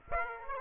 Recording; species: mosquito wingbeat signal from an infrared sensor; Aedes aegypti